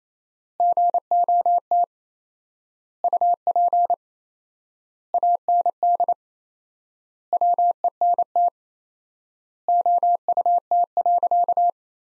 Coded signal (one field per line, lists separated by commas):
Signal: Morse code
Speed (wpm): 28 wpm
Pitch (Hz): 700 Hz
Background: none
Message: GOT UP AND WENT OUT.